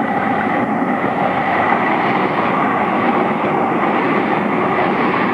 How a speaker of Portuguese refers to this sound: Aliás, como prova que estamos na ponte 1 vamos deixar o metro falar por nós.